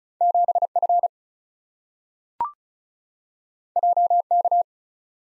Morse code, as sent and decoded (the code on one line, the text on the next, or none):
--... / ..-. / .--- / -.-
7 F J K